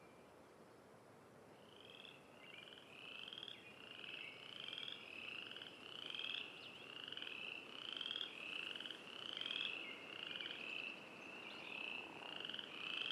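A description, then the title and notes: Frogs call continuously through an evening forest, a dense chorus of rapid, bright croaking pulses repeating about every second after the first two seconds. The calls sound steady in level, over a soft low rustling background. Ambient Forest Evening. Recorded June 2020.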